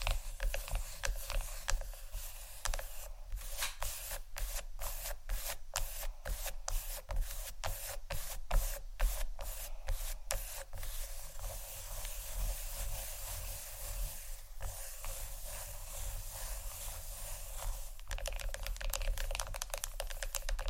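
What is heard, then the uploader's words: Scratching and tapping on chocolate, a dense rough rubbing with a quick run of regular crisp taps between about three and eleven seconds. ASMR Tap & Scratch On Chocolate （No Talking）.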